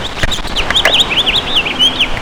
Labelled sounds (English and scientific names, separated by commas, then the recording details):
House Finch (Haemorhous mexicanus) song
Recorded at Albertson on Long Island, New York, on 11 June 2013
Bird A